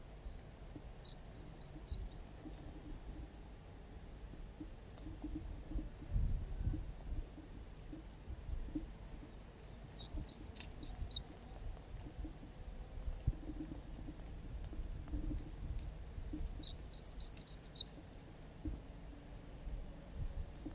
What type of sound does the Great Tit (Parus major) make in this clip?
song